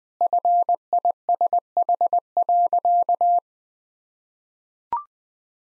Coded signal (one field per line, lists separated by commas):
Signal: Morse code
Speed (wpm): 20 wpm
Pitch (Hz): 700 Hz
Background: none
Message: FISH.